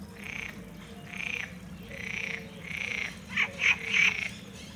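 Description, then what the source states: Frog giving four drawn-out rasping croaks in a row, followed by three quicker sharp notes near the end. At the Jardí Botànic de la Universitat de València; Ambeo Smart Headset binaural microphones on an iPhone.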